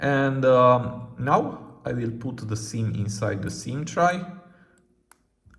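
A nano SIM card is pressed into its slot in the plastic SIM tray of a Samsung Galaxy A25/A15 smartphone while a man talks. After the speech fades, a small sharp click at 5.1 s marks the card seating in the right position.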